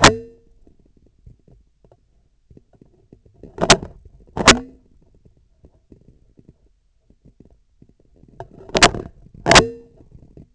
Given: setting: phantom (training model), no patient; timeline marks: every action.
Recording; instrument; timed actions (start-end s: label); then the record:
laparoscopic instrument, vibration sensor on the handle end; scissors
0.00-0.59 s: scissors closing
3.38-3.99 s: scissors opening
4.31-4.87 s: scissors closing
8.43-9.12 s: scissors opening
9.41-9.96 s: scissors closing
From the record:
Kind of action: tool actuation without material contact